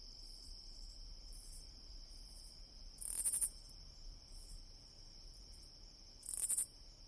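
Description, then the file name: Katydid producing two loud rasping pulsed bursts about three seconds apart, with fainter similar bursts between, above a continuous shrill drone. Very close-up recording of a katydid calling over a continuous background. "KATYDID VERY-CU-OVER-CONTINUOUS-B G"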